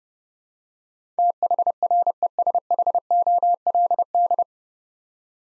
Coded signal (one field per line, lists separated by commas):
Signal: Morse code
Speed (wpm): 32 wpm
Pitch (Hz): 700 Hz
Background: none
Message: THRESHOLD